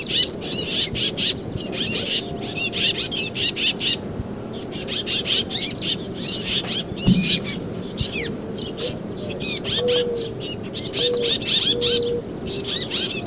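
Titmouse calls: long series of rapid, harsh chattering notes in bursts, with faint low whistles in the second half and background rumble.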